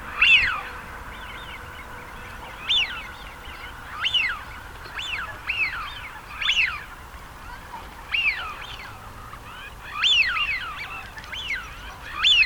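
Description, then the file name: Eurasian wigeon whistles, each a quick upward then downward note, coming in irregular clusters. Male. "sviyaz golos samca"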